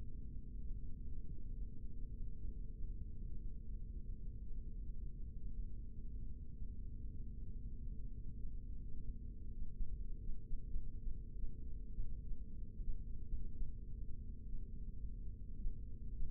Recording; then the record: forearm muscle sounds (acoustic myography)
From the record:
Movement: rest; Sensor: system 3, bracelet of six PUI Audio POM-2738L microphones around the upper forearm, with dedicated amplification and filtering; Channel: 2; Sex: male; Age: 56 years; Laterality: right